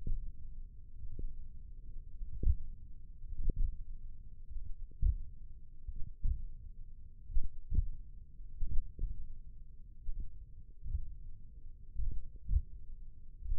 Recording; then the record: forearm muscle sounds (acoustic myography)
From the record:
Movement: tripod grip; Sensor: system 1, eight BSWA MPA416 microphones around the upper forearm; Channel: 3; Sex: male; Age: 20 years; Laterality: left